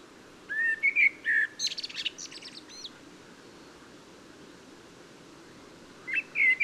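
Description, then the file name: Common blackbird song phrase: mellow fluted notes followed by a scratchy high twitter, then about three seconds of quiet before another fluty phrase begins. "Turdus merula"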